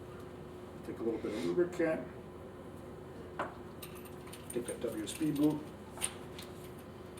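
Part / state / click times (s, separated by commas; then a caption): rubber sealing boot onto the back of a coaxial cable connector / not seated / none. A lubricated rubber weather-seal boot is handled and worked toward the back of a coaxial cable connector, where it is meant to snap into the ribs and lock. Someone talks while faint handling rustles and brief light taps are heard, the sharpest near 3.4 s and 6.0 s. Nothing has seated or clicked yet.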